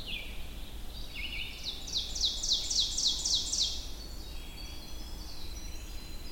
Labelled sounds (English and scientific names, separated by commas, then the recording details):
Ovenbird (Seiurus aurocapilla) song
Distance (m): 30 m
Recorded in boreal forest in Alberta, Canada, on 22 June 2016 at 05:30
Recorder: SongMeter 3, array SBT-6-76
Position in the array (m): 148 m, 110 m
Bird 3